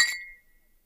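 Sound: glasses clinking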